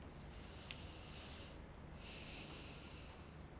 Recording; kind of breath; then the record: one breath in and out by a microphone near the nose and mouth; deep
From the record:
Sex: male